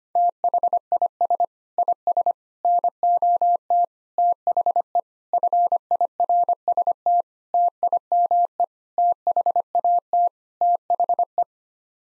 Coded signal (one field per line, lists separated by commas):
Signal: Morse code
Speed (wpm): 25 wpm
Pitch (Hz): 700 Hz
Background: none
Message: THIS IS NOT THE FIRST TIME THAT THE